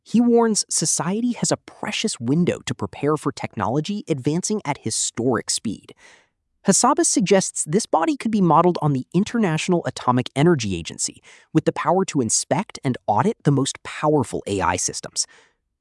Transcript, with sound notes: He warns society has a precious window to prepare for technology advancing at historic speed. [thoughtful] Hassabis suggests this body could be modeled on the International Atomic Energy Agency, with the power to inspect and audit the most powerful AI systems.